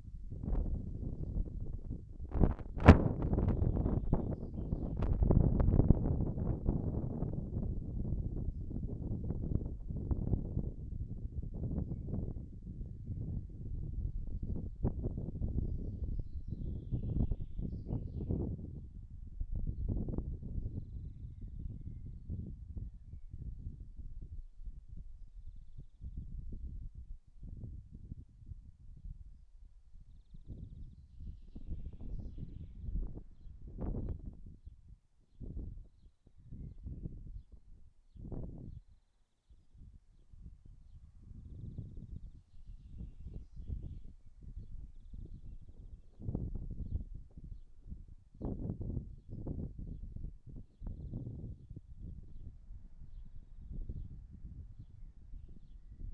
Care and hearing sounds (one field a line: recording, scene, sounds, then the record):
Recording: everyday scene through a hearing-aid microphone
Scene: wind on the microphone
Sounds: wind, birds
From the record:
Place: in front of a rural house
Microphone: behind the ear, right, front